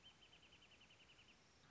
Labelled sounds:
Wrentit
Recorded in Sonoma County, California

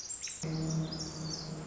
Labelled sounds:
Pacific Wren
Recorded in Sonoma County, California

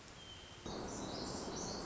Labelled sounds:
Pacific Wren
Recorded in Sonoma County, California

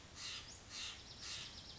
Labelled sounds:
Steller's Jay
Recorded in Sonoma County, California

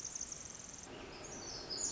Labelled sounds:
Pacific Wren
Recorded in Sonoma County, California

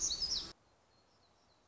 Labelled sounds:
Black-throated Gray Warbler
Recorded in Sonoma County, California

